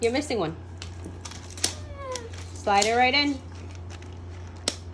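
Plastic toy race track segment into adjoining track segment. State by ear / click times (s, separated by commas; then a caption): seated / 4.7 s. A plastic dinosaur road track segment is slid into the next track segment while someone talks, with a few faint ticks of handling in between. It snaps together with a sharp click at 4.7 s, and the piece is seated.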